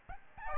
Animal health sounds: mosquito wingbeat signal from an infrared sensor; Aedes albopictus

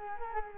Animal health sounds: mosquito wingbeat signal from an infrared sensor; Culex quinquefasciatus

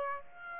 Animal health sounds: mosquito wingbeat signal from an infrared sensor; Aedes aegypti

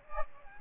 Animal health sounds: mosquito wingbeat signal from an infrared sensor; Aedes aegypti

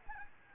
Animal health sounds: mosquito wingbeat signal from an infrared sensor; Aedes albopictus

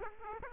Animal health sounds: mosquito wingbeat signal from an infrared sensor; Aedes aegypti

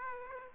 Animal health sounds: mosquito wingbeat signal from an infrared sensor; Aedes aegypti

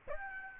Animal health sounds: mosquito wingbeat signal from an infrared sensor; Aedes albopictus

